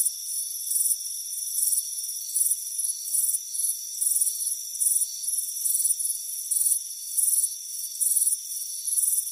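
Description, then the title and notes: Shrill cricket chirping in repeated pulses, some louder than others, over a continuous high-pitched drone. Chirping crickets on a warm afternoon by a front porch. "Soothing Crickets Chirping Sound. It's a warm afternoon as you relax in a hammock on the front porch. Relax and fall asleep to the soothing sound of chirping crickets. Deep Sleep Sounds"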